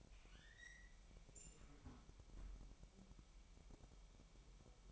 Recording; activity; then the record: daily activity, microphone in the room; close fridge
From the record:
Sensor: 1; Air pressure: 1002.0 hPa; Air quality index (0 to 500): 245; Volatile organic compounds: 50 ppm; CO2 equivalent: 3299 ppm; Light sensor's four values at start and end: 8/28/10/11 and 8/28/10/11